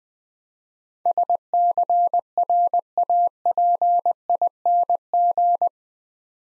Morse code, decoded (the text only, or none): SCRAPING